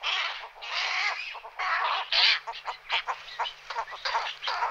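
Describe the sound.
Western cattle egret calls: rough, nasal croaks run together in longer bursts, then broken into quicker choppy notes.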